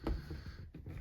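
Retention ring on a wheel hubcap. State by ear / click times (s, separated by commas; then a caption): not seated / none. A metal retention ring is being pulled up with some force onto the plastic tabs of a wheel hubcap, giving a sharp handling knock near 0.1 s and a softer tap around 0.8 s over low rumbling. Nothing has seated or clicked into place yet.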